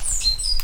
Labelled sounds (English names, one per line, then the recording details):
Stitchbird song
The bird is a male
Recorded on Tiritiri Matangi Island, New Zealand, in 2005
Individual 19, of nest box 27